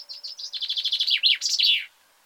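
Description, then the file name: Common chaffinch, one song phrase: a rapid run of sweet notes dropping in pitch, finishing with an emphatic twisting flourish. "Fringilla coelebs"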